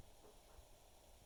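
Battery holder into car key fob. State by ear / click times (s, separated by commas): not seated / none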